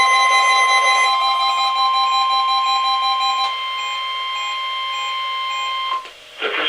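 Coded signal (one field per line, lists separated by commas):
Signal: Emergency Alert System (SAME) tones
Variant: 1050 Hz attention tone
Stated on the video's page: Required weekly test EAS tones from weather radio station KEC80, heard over a phone line.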